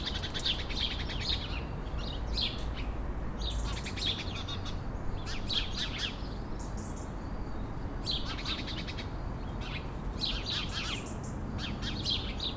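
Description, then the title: Sparrow chirps come in bursts of rapid overlapping notes separated by short pauses, with a steady low traffic rumble throughout. Several sparrows sheltering in a laurel bush at 11 Rue de l'Église, Bassens, France, around 6 pm, with traffic noise. "11 Rue de l'Église, Bassens, France - Moineaux"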